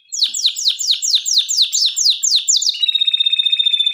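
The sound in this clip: Canary song: a rapid run of downward-sweeping high notes, then a sustained buzzy trill held on one pitch.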